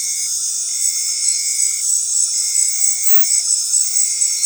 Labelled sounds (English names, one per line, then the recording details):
none
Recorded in dense forest near Puerto Asís, Putumayo, Colombia, on 21 February 2024 at 19:30
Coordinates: 0.502, -76.326
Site G6460